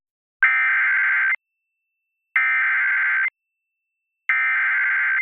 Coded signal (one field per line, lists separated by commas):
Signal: Emergency Alert System (SAME) tones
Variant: header bursts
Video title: EAS #655 - Flash Flood Warning #206